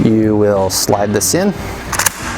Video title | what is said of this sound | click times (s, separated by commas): What is the Safariland ELS (Equipment Locking System)? | you hear that audible click and you know your pouch is secure so | 2.1 s